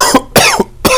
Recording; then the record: coughing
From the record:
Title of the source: Coughing 79